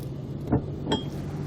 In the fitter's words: when you're done using your stealth hitch receiver you'll just simply unlock the lock twist the handle